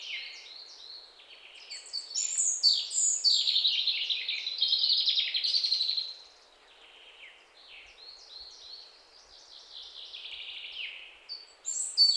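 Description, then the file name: European robin song of high, sweet, rapidly changing notes, a strong warbling phrase in the first half, then softer, thinner twitters and a sudden bright note to finish. "Erithacus rubecula"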